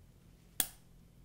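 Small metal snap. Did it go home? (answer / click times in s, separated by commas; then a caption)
yes / 0.6 s. A metal snap fastener top is set through ultra suede fabric by pressing the handles of a crystal applicator hand-press tool all the way down. A single sharp, bright snap sounds at 0.6 s against a quiet background, then fades quickly. The snap is seated and secure.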